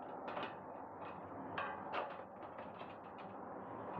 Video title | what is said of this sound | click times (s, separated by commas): No keys? No problem! Replacing a security door lock barrel by a qualified Locksmith. | until we hear that nice positive clunk. | 1.6 s